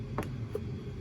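On a Porsche Cayenne 958, an ignition coil boot is pushed onto a new spark plug in the cylinder head, fitted because the old plugs have some mileage on them. A sharp snap is heard at 0.2 s, followed by a fainter tick at 0.6 s over a low background hum. The coil has seated on the plug.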